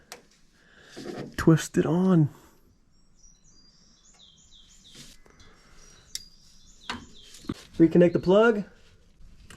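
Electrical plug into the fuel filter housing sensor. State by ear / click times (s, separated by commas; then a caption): not seated / none. An electrical plug is being reconnected to the bottom sensor on the fuel filter housing of a 2018 Dodge diesel 4th Gen Cummins. Someone talks over faint high chirping tones and a few short handling taps. The plug has not clicked or seated yet.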